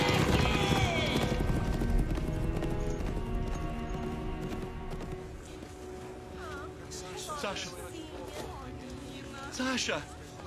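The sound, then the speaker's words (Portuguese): Horses galloping, their hooves pounding in a fast, busy rhythm that stays loud throughout, mixed with a dense layer of tonal sound and a few rising cries toward the end. “Para os cavalos, corre!”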